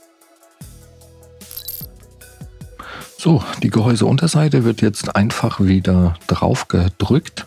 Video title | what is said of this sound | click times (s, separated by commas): Lenovo ThinkBook 14 G2 ARE von Innen - RAM, SSD, Akku, Lüfter wechseln - Guide | in der mitte man hört dass auch immer sehr gut wie alles wieder einrastet | 1.5 s, 1.6 s, 1.7 s, 2.8 s